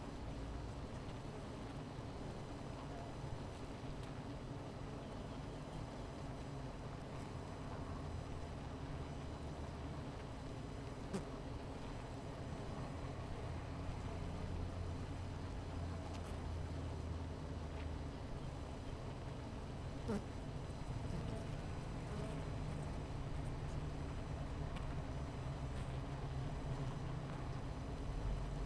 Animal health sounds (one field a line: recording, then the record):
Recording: honeybee colony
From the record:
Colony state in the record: missing queen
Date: 14 July 2017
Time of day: 17:02